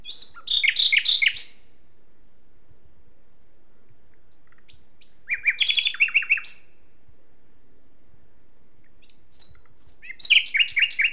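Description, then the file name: Common nightingale singing three separated phrases of loud, varied notes, some stuttered rapidly, with quiet gaps between them. "Luscinia megarhynchos"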